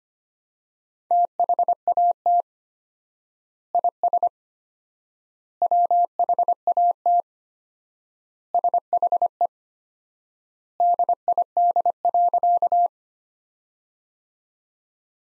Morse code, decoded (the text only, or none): THAT IS WHAT SHE DID.